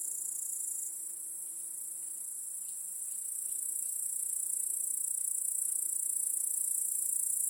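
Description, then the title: Crickets produce a steady high-pitched buzzing chorus, dipping briefly early on and then growing louder toward the end. Backyard crickets chorusing at night. "Crickets in Your Backyard 🏡. Discovering the Sounds of Home"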